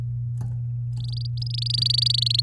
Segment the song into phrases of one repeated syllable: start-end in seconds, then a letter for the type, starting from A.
1.00-2.41 A